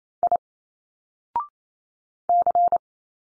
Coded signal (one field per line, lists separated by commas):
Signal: Morse code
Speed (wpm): 28 wpm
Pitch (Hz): 700 Hz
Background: none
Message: I C